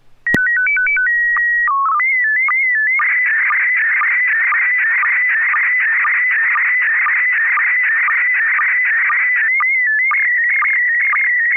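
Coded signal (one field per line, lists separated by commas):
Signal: SSTV (slow-scan television)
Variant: PD 120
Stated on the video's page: SSTV net on an FM repeater at 441.300 MHz, Sacramento, using MMSSTV.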